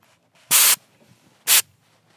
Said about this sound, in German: Und der nächste Trick wäre dann, wenn es immer noch nicht richtig funktioniert, kann man hier Silikonspray verwenden, das ist einfach so eine Spraydose. Mhm. Und davon setze ich jetzt mal ein bisschen an.